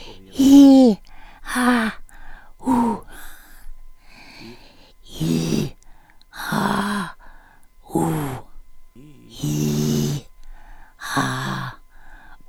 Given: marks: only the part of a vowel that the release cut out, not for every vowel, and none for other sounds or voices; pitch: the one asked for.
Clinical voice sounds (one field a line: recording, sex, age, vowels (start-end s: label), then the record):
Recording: sustained vowels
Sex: female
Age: 70 to 79 years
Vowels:
0.40-0.91 s: vowel /i/, high pitch
6.53-7.04 s: vowel /a/, low pitch
7.96-8.34 s: vowel /u/, low pitch
9.47-10.14 s: vowel /i/, low-high-low pitch
11.15-11.67 s: vowel /a/, low-high-low pitch
From the record:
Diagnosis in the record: recurrent laryngeal nerve paralysis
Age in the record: 72 years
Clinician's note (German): Li, strumipriv, gute Restbeweglichkeit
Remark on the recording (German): alle u's (un, uh, ul, um) sind zu kurz; sie wurden trotzdem gelabelt